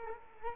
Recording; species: mosquito wingbeat signal from an infrared sensor; Culex quinquefasciatus